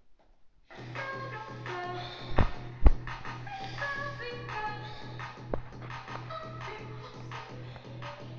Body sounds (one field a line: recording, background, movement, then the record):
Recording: deep breathing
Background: music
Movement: sitting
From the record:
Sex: male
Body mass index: 23.7 kg/m2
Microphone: on the chest, facing outward